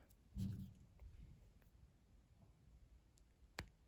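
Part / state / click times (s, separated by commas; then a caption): plastic arm joint of an action figure / seated / 3.6 s. The plastic arm joint of a posable action figure is moved to show that it articulates well, with low handling rustles near the start. A sharp, brief click sounds at 3.6 s as the joint seats into place.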